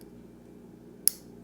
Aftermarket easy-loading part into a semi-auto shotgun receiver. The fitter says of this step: until he pops up like that you heard that little click